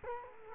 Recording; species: mosquito wingbeat signal from an infrared sensor; Culex quinquefasciatus